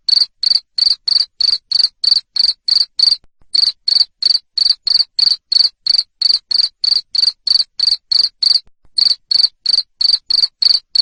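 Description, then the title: Cricket chirping loud and high, pulses repeated about three per second with two brief breaks in the steady rhythm. Loud cricket chirping used to stimulate lovebirds to sing continuously. "Suara JANGKRIK NGERIK Keras Bikin LOVEBIRD Jadi NGEKEK Terus Vubey"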